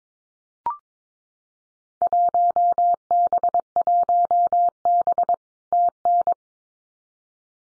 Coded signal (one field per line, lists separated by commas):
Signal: Morse code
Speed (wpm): 22 wpm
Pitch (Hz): 700 Hz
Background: none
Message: 1B 1B TN